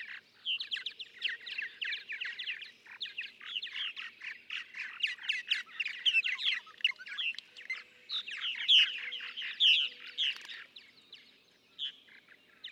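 Purple martin song: a steady stream of throaty chirps, gurgles and rattling notes that keeps going with brief pauses before trailing off at the end.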